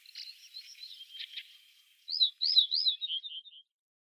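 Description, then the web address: Ortolan bunting song, a faint buzzy opening followed by a run of clear descending whistled notes over about a second and a half. "Schulze Peter Ortolan Bunting song"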